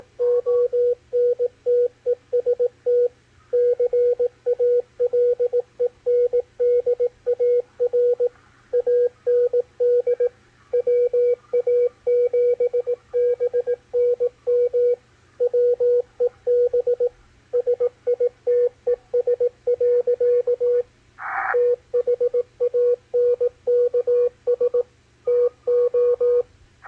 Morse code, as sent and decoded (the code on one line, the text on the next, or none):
--- -. - . ... - / -.-. .- .-.. . -. -.. .- .-. / .- -. -.. / .-- .- --... -... -. -- / .-- . -... / ... .. - . ... .-.-.- / - .... .- -. -.- ... / - ---
ONTEST CALENDAR AND WA7BNM WEB SITES. THANKS TO